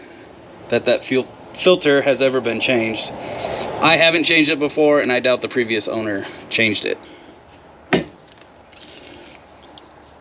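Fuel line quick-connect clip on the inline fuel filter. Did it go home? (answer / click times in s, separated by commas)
released / 7.9 s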